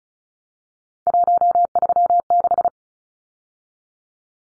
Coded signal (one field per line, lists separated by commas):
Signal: Morse code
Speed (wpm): 34 wpm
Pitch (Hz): 700 Hz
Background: none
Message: 136